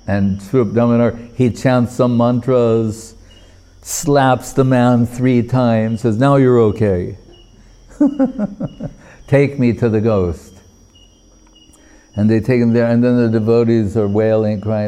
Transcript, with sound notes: And, Svarūp Dāmodar, he chants some mantras, slaps the man three times, and says, “Now you're OK.” [laughing] “Take me to the ghost.” And they take him there, and then the devotees are wailing, crying...